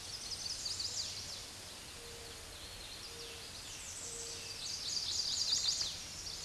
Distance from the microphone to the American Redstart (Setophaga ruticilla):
about 40 m